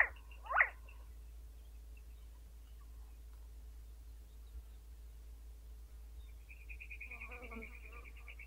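See-see partridge call: two loud, harsh notes in the first second, then quiet, then a quick run of high, evenly spaced notes over lower chattering sounds.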